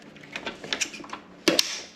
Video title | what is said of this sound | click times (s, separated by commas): CAROMA E68 ELECTRIC SCOOTER * 20MPH * 500 WATT | and it locks right into place now the bar can be adjusted uh | 1.5 s